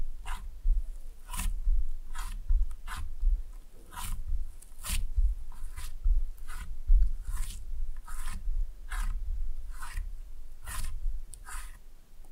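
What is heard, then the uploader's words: Slime being played with gives off short wet squelches and crackly pops, coming about twice a second, with a low rumble underneath throughout. ASMR Fun with Slime No Talking.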